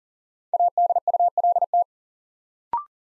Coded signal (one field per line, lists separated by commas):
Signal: Morse code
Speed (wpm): 39 wpm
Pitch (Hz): 700 Hz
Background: none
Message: ADULT